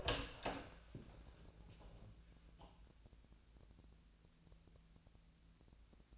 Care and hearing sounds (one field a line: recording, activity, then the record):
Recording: daily activity, microphone in the room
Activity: open door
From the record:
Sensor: 2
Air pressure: 1000.3 hPa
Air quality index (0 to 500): 163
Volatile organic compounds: 3 ppm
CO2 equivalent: 1358 ppm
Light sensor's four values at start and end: 10/23/10/10 and 10/24/10/11